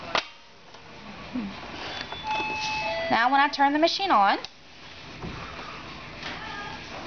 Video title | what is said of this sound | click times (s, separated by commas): Shreveport Sewing Center, LA - Part III of the Allure Plus - | against the arm of the machine and then i will gently slide it on until it snaps | 0.2 s